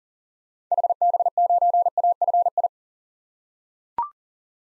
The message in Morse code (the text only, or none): HB9AFI